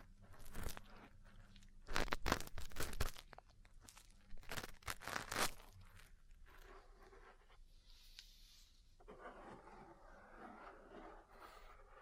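Ear cleaning and massage sounds: sharp, crunchy bursts of rubbing and tapping come in clusters in the first six seconds, loudest around two and five seconds. After that the handling turns softer, with a quieter, steady rustling and scratching through the end.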